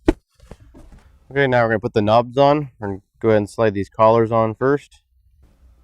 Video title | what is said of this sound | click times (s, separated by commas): Install: 2005-18 Jeep Wrangler TJ, JK 6-Speed Manual Shifter 45195 | snap down the front | 0.1 s